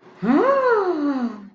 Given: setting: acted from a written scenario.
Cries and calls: vocal sound without words; awe

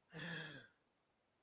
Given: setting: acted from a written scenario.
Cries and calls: vocal sound without words; positive surprise

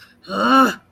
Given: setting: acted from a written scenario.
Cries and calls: vocal sound without words; anger

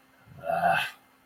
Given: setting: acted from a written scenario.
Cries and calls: vocal sound without words; shame

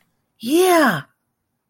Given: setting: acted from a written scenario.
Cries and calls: vocal sound without words; triumph

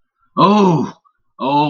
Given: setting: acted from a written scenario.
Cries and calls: vocal sound without words; pain

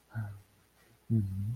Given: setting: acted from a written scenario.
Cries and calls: vocal sound without words; awe

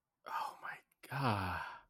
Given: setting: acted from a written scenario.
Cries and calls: vocal sound without words; guilt

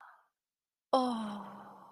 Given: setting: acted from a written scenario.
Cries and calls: vocal sound without words; sympathy

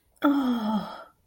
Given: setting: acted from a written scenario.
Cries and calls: vocal sound without words; awe

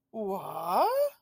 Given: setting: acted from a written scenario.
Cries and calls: vocal sound without words; positive surprise

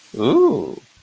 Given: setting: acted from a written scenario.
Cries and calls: vocal sound without words; desire

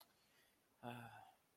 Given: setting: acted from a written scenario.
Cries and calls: vocal sound without words; sadness

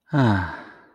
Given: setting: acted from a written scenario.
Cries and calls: vocal sound without words; romantic love

